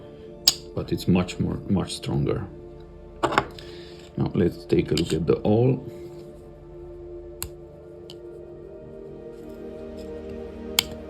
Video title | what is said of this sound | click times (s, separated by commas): Victorinox Alox Soldier 1981 vs 2001 – Tiny Details You Never Noticed | You can also hear the snaps. I hope the microphone picks them up. | 7.4 s, 10.8 s